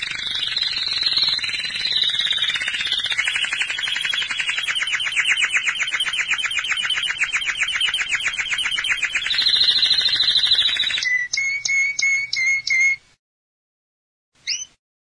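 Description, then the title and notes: Belgian canary song with an extended fast rolling trill lasting about eleven seconds, then a run of clipped whistled notes, a pause and one brief final note. "Canario Belga, nyonyastudio"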